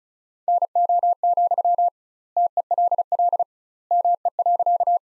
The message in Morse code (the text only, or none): NO, TELL ME.